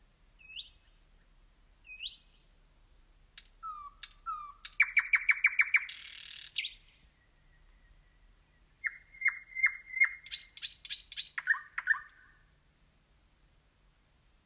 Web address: slowik nocny spiew slowika